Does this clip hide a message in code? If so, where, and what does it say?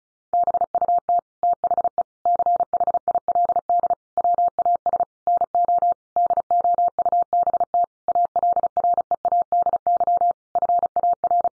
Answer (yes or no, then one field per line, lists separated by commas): yes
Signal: Morse code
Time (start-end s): 0.3-11.5 s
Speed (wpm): 34 wpm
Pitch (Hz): 700 Hz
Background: none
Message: BUT THE CHILD WAS NO DOUBT ALREADY FAR